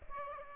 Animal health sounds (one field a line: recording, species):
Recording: mosquito wingbeat signal from an infrared sensor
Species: Aedes aegypti